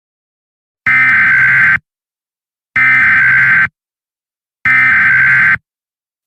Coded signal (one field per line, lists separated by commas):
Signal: Emergency Alert System (SAME) tones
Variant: header bursts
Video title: EAS Scenario | The Dream World Crisis | Emergency Alert System | NiGHTS Journey of Dreams